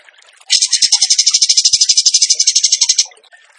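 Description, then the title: Bird song: one loud buzzy trill of rapid high pulses lasting about two and a half seconds, with faint scattered chirps around it. Training recording (masteran) of a bird singing in the tembakan gacor style. "Masteran Burung Tembakan Gacor"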